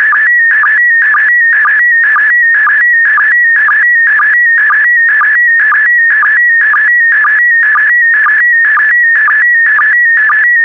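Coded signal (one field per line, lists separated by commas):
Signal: SSTV (slow-scan television)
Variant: PD120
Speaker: complete. You can now check your decoded image against the picture that is shown on the video.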